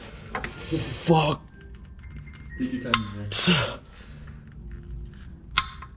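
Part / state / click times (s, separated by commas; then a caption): torque wrench on oil drain plug / torque reached / 5.6 s. A torque wrench set to 30 ft-lbs tightens the drain plug on the oil pan of a 2012 Acura TL. Someone talks over faint ratcheting and handling noises. The wrench gives one sharp click at 5.6 s, confirming it reached the torque setting.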